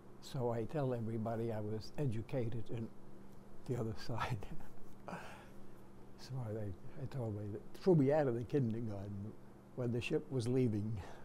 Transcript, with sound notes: So I tell everybody I was educated in the other side. [chuckles] So I — I told — they threw me out of the kindergarten when the ship was leaving